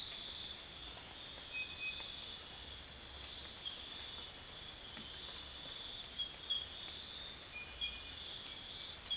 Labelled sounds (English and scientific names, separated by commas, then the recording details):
none
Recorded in dense forest near Puerto Asís, Putumayo, Colombia, on 21 December 2024 at 03:30
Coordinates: 0.467, -76.328
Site GP05